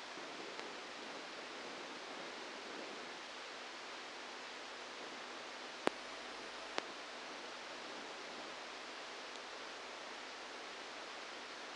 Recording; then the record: brain microelectrode recording played as sound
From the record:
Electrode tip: outside the subthalamic nucleus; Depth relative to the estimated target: -3 mm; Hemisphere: left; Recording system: NeuroSet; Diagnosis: Parkinson's disease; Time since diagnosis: 10 years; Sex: male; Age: 63 years